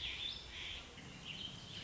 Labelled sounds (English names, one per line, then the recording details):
Warbling Vireo
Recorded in Sonoma County, California